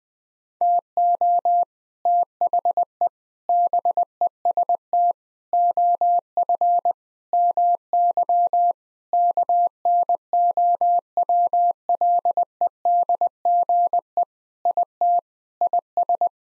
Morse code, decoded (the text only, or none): TO THE BEST OF MY KNOWLEDGE IT IS